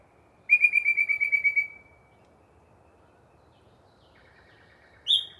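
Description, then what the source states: Yellow-breasted chat song: a fast string of clear piping notes, a softer low chatter, then a sharp high squeaky note. Pre-dawn, a particularly chatty bird giving a long soliloquy from deciduous cover.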